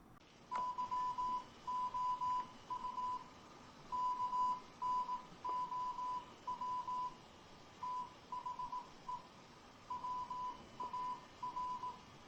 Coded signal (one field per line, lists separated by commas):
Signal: Morse code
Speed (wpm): 18 wpm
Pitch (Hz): 1000 Hz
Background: none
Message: YOU KNOW THE WAR